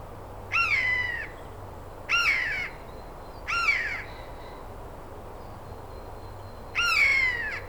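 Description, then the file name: Eurasian jay uttering four hoarse, nasal calls at uneven intervals, with faint background hiss. "Garrulus glandarius"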